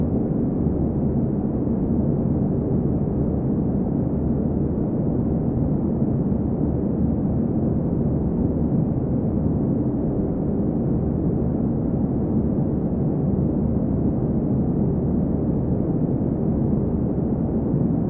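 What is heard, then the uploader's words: A steady bed of noise runs unchanged for the whole stretch, dense and rumbling with a muffled, deep tone and nothing bright or hissy on top. There are no separate events or pauses; the loudness stays flat from start to finish. White Noise For Studying Or Work From Home.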